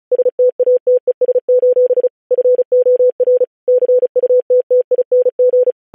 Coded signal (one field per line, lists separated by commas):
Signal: Morse code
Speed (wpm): 36 wpm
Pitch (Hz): 500 Hz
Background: none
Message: STATES: FOR CUTTING